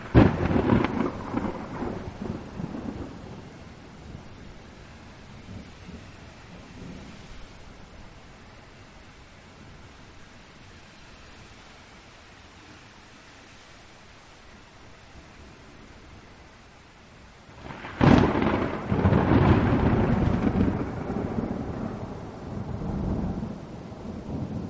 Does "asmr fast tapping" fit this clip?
no